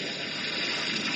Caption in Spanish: Así suena la música con un IC. Actualmente el implante coclear eléctrico puede proporcionar al paciente entre 8 y 10 canales. El paciente puede utilizar efectivamente de forma independiente entre 8 y 10. Y luego están limitados a la resolución de frecuencia.